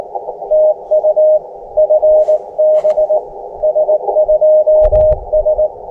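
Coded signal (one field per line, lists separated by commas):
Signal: Morse code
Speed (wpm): 19 wpm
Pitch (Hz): 620 Hz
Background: none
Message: TU FB S2S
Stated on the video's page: Summits On The Air activation of Escudilla Mountain, Arizona.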